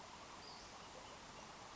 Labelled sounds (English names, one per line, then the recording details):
Western Flycatcher
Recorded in Sonoma County, California